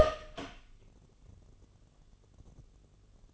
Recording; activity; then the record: daily activity, microphone in the room; open door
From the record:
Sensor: 4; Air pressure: 1016.1 hPa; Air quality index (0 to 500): 208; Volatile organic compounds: 12 ppm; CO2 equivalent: 2374 ppm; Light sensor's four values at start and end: 8/17/6/5 and 8/16/6/5